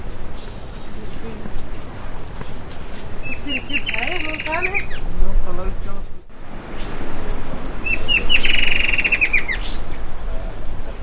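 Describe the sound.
Bird giving a fast run of high chirps with softer, lower warbled notes, a brief break, then another fast chirping run, over low noise.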